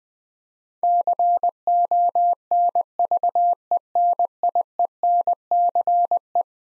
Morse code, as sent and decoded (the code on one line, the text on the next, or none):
-.-. --- -. ...- . -. .. . -. -.-. .
CONVENIENCE